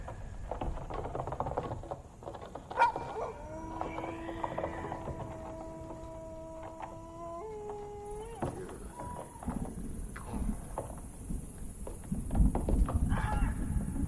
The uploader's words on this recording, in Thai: Lost in the dark village Asmr ambience. เสียงบรรยากาศหลอนๆ ในหมู่บ้านลึกลับ.